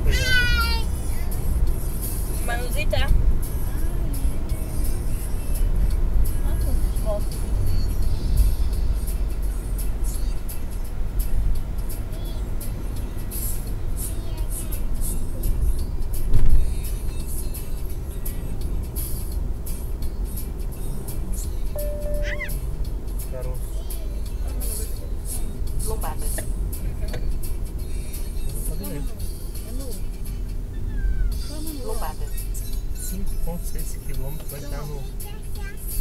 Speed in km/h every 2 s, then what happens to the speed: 81, 79, 76, 74, 69, 67, 67, 66, 65, 63, 61, 57, 54, 49, 42, 35, 29, 26.
0-36 slows to 26.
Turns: none.